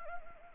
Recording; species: mosquito wingbeat signal from an infrared sensor; Anopheles gambiae